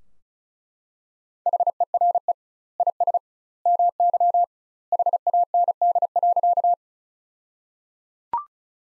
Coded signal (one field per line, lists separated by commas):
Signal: Morse code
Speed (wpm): 36 wpm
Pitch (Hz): 700 Hz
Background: none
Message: HERE IS MY HAND.